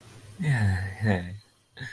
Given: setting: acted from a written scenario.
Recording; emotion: vocal sound without words; romantic love